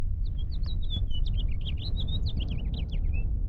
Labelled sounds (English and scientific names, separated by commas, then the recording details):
House Finch (Haemorhous mexicanus) song
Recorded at Lawrence on Long Island, New York, on 4 June 1975
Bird F